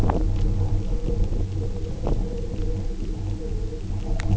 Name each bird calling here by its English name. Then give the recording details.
none. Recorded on Arctic tundra, site UTQI-0, on 27 June 2018. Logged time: 10:00